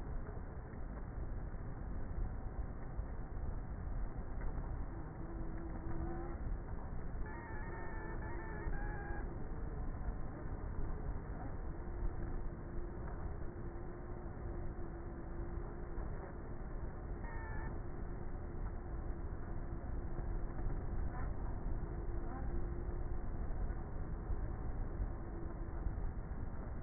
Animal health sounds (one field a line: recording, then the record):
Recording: honeybee colony, microphone inside the hive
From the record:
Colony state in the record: queenless with a low population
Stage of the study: before two queens were removed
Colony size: about 30,000 bees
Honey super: no